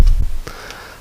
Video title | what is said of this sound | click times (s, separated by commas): Trumpeter 1/16 Pz.Kpfw.IV Ausf H German Medium Tank # 00920 - Part 6 Build | Now it does click into place | 0.5 s